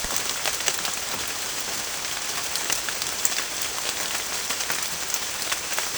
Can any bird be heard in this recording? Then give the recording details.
no. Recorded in secondary vegetation near Puerto Asís, Putumayo, Colombia, on 24 June 2025. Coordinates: 0.488, -76.319. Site G094